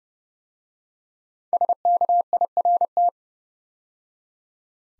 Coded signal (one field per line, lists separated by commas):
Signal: Morse code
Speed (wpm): 30 wpm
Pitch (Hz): 700 Hz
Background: none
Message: SKIRT